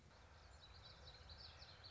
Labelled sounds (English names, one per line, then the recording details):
Common Yellowthroat
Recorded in Sonoma County, California